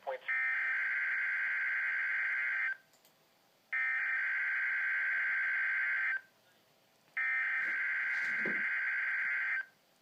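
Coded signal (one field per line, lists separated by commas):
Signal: Emergency Alert System (SAME) tones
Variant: header bursts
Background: speech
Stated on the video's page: Required Weekly Test on a NOAA Weather Radio station.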